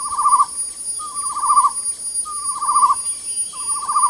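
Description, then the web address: Chestnut-necklaced partridge calling: quavering whistled phrases in close succession, each opening with a short note, over a persistent shrill insect background. Recorded at Danum on 8 August 2009. "DANUM 20090808. chestnut-necklaced hill partridge"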